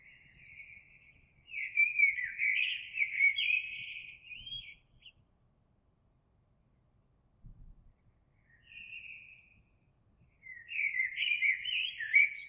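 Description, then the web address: Eurasian blackbird singing repeated rich, fluty warbled phrases, some ending in high squeaky notes, separated by short pauses. Recorded 26 April 2022. "oiseaux Merle 2022 04 26"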